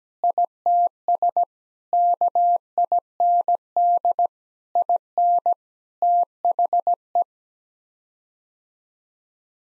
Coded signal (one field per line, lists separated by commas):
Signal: Morse code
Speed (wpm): 17 wpm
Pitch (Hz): 700 Hz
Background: none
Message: ITS KIND IN THE